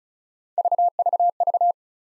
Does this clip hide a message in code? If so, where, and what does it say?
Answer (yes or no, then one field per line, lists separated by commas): no